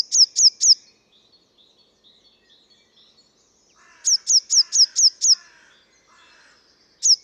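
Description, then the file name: Eurasian blue tit calls: thin, high, downslurred notes in a quick run of three, then a pause with faint soft twittering, then a run of six, and one more note at the end. "Cyanistes caeruleus"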